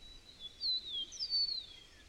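Bird song: a few faint, high thin whistles and short slurred notes over a soft background hiss.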